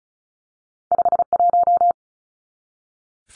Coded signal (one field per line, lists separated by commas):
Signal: Morse code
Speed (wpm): 34 wpm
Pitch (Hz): 700 Hz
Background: none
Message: 51